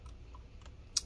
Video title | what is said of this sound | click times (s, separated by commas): Lenovo ThinkPad Edge E420 Disassembly RAM SSD Hard Drive Upgrade Battery Replacement Repair | just like this you'll hear the screws click when they're out | 1.0 s